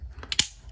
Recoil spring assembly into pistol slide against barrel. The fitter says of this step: locks in place against the barrel